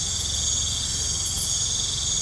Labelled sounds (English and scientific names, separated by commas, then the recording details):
none
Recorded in pastures near Puerto Asís, Putumayo, Colombia, on 20 December 2024 at 20:00
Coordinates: 0.466, -76.322
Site G040